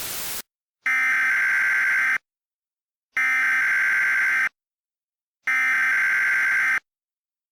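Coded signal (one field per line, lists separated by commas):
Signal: Emergency Alert System (SAME) tones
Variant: header bursts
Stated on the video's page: Simulated mock alert with live voice.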